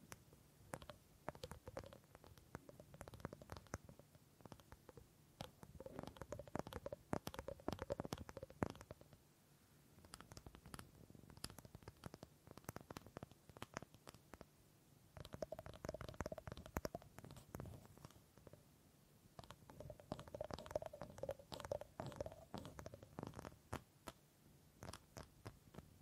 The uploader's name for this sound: Wood Triggers